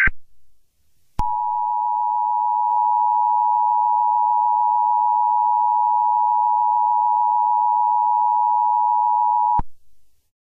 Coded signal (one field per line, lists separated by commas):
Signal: Emergency Alert System (SAME) tones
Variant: 853 and 960 Hz attention tone